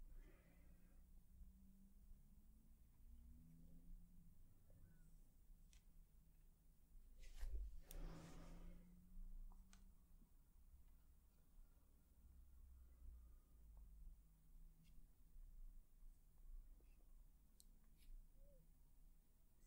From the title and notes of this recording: ASMR Personal Attention For Sleep face brushing, face touching, lens tapping + more.